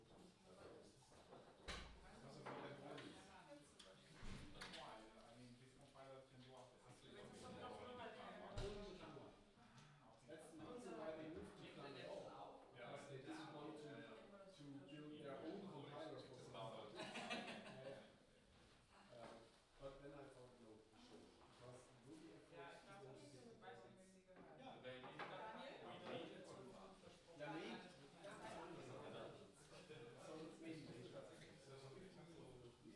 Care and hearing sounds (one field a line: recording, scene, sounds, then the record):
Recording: everyday scene through a hearing-aid microphone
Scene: many people talking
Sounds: many voices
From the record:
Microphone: in the ear canal, left